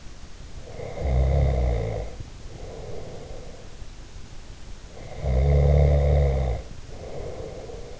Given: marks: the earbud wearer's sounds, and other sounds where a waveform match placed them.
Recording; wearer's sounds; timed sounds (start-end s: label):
sounds in sleep by an in-ear microphone; snoring breath
0.53-3.84 s: snoring breath
5.21-8.00 s: snoring breath